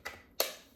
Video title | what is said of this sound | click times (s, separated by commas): Dog Grooming Vacuum Kit Review - Shedding & Hair Removal | and it clicks right into place. | 0.4 s